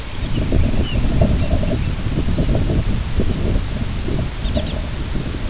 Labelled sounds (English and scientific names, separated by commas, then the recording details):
unidentified sound, Lapland Longspur (Calcarius lapponicus)
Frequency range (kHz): Lapland Longspur (Calcarius lapponicus) 2.6-6.7 kHz
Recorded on Arctic tundra, site IGLO-B, on 22 June 2018
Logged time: 21:59